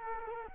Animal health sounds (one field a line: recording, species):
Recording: mosquito wingbeat signal from an infrared sensor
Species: Culex quinquefasciatus